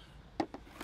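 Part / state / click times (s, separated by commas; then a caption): chock into caravan levelling ramp / seated / 0.4 s. The separate chock of a plastic caravan levelling block is fitted onto the levelling ramp and locks into place with a sharp hit at 0.4 s. Quieter knocks follow at about 0.5 s and 0.8–0.9 s, and the chock is seated.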